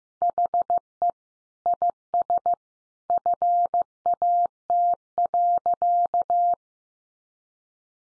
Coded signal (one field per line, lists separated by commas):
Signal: Morse code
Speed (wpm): 15 wpm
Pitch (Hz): 700 Hz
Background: none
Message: HE IS FAT.